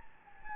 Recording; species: mosquito wingbeat signal from an infrared sensor; Anopheles gambiae